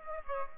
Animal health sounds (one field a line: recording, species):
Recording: mosquito wingbeat signal from an infrared sensor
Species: Aedes aegypti